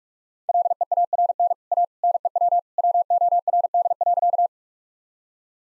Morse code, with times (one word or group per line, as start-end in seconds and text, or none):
0.5-1.5 LEARN
1.7-1.8 A
2.0-2.6 NEW
2.8-4.5 WORD.